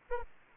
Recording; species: mosquito wingbeat signal from an infrared sensor; Anopheles arabiensis